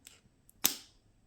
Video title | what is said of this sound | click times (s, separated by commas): Tirzepatide Zepbound Week 6 Recap, 5 mg | and then you're just going to push the top and wait for two clicks one | 0.7 s